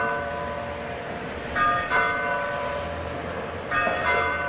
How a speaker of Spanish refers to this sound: Al mismo tiempo, en la villa se escuchan las campanas de alarma que anuncian la llegada de los franceses.